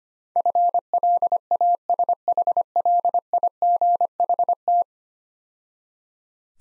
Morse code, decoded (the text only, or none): FLASHLIGHT